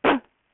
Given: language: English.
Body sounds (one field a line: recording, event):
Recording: throat vibration sensor signal played as sound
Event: cough